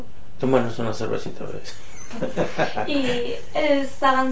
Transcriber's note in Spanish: risas